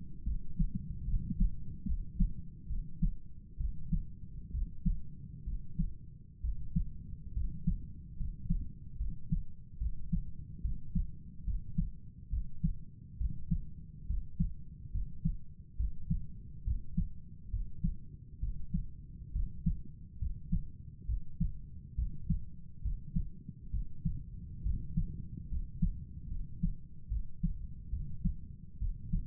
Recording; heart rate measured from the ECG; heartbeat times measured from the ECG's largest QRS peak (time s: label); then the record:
heart sounds by stethoscope; 69 bpm
0.24 s: heartbeat
1.06 s: heartbeat
1.86 s: heartbeat
2.68 s: heartbeat
3.58 s: heartbeat
4.52 s: heartbeat
5.45 s: heartbeat
6.42 s: heartbeat
7.34 s: heartbeat
8.17 s: heartbeat
8.98 s: heartbeat
9.79 s: heartbeat
10.62 s: heartbeat
11.45 s: heartbeat
12.30 s: heartbeat
13.18 s: heartbeat
14.07 s: heartbeat
14.92 s: heartbeat
15.77 s: heartbeat
16.64 s: heartbeat
17.50 s: heartbeat
18.40 s: heartbeat
19.32 s: heartbeat
20.19 s: heartbeat
21.06 s: heartbeat
21.95 s: heartbeat
22.82 s: heartbeat
23.71 s: heartbeat
24.63 s: heartbeat
25.49 s: heartbeat
26.29 s: heartbeat
27.09 s: heartbeat
27.90 s: heartbeat
28.79 s: heartbeat
From the record:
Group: healthy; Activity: rest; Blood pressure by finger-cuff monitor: 114/63 mmHg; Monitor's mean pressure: 77 mmHg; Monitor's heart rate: 69 bpm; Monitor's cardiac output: 7.1 L/min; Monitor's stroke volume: 102 mL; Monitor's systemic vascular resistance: 800 dyn s/cm5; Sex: male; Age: 35 years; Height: 180 cm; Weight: 86.9 kg